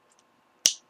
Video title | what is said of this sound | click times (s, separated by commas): W.H. Smith Signature Pen Crocodile Finish Review | It clicks in place, | 0.7 s